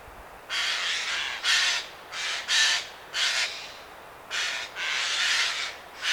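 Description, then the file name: Eurasian jay giving harsh, rasping screeches: several broad noisy bursts in an irregular series. "Garrulus glandarius"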